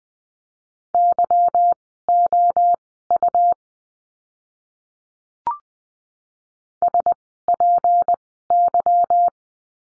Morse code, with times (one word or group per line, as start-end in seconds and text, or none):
0.9-3.5 YOU
6.8-9.3 SPY